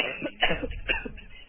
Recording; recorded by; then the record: voluntary cough; telephone call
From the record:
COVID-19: positive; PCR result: checked with the laboratory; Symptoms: yes